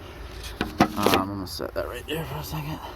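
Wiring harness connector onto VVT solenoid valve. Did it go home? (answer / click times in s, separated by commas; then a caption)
no / none. A wiring harness connector is handled next to the camshaft position solenoid (VVT) valve on a Chevy Colorado engine, the connector whose locking clip engages by itself when pushed on. Someone talks, with a brief sharp knock at 0.6 s. The connector has not been pushed home yet, and nothing has seated or clicked.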